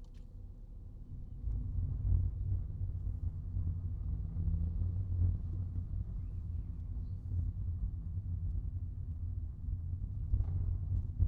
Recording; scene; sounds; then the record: everyday scene through a hearing-aid microphone; in a vehicle; engine, rumble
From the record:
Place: Skoda Fabia, gasoline engine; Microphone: in the ear canal, right